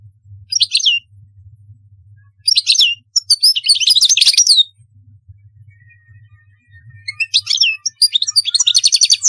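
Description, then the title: European goldfinch giving short bursts of high chattering twitters separated by quiet pauses, with a faint low hum underneath. "Chant Chardonneret"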